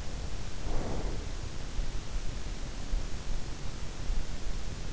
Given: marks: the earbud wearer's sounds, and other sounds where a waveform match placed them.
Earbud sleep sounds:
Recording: sounds in sleep by an in-ear microphone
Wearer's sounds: breath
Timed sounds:
0.41-1.56 s: breath

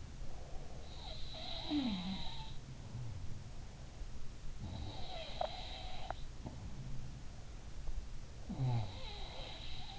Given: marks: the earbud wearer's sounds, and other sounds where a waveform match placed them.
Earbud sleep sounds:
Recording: sounds in sleep by an in-ear microphone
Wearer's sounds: breath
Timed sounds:
0.00-1.02 s: breath
0.88-3.68 s: sound from someone else or the room
4.56-7.32 s: sound from someone else or the room
8.39-9.99 s: sound from someone else or the room

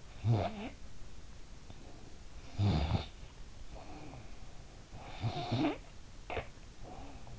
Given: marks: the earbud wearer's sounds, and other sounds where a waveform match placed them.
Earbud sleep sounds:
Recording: sounds in sleep by an in-ear microphone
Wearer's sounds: snoring breath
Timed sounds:
0.08-1.26 s: snoring breath
2.07-4.23 s: snoring breath
4.95-7.39 s: snoring breath

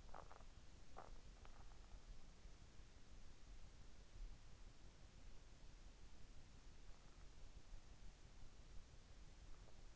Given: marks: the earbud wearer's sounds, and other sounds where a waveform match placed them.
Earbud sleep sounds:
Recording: sounds in sleep by an in-ear microphone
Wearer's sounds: teeth grinding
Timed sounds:
0.00-1.33 s: teeth grinding

